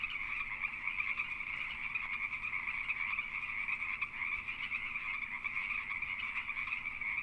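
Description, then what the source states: Pacific treefrog chorus, a dense continuous wall of overlapping raspy croaks from many frogs, steady throughout with no pauses. Several Pacific treefrogs calling during mating season.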